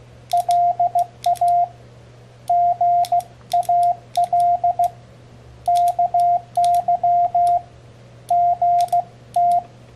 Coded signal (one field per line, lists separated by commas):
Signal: Morse code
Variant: Korean alphabet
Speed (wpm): 16 wpm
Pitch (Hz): 700 Hz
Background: radio noise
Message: 고 속 에 서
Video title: 모스 부호 교신에 사용되는 자작 CW 패들키 | D.I.Y. Morse code CW paddle key #morsecode #hamradio #cw